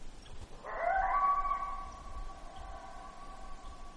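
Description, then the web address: Coyote howl, a single wavering note with harmonics lasting about a second, then fading, over a low rumbling background. Alaska, 12 July 2017, 23:39. "alaska MAMMALS 20170712 233940"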